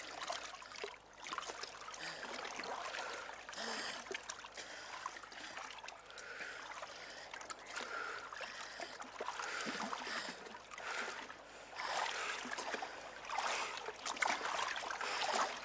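Continuous water splashing and sloshing as a person swims with steady strokes toward a shore, at times going under the water, with bursts of louder churning toward the end. No voices are heard.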